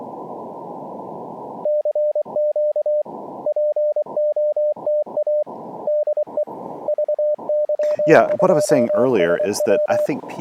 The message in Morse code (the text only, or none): CQ POTA DE VY2SW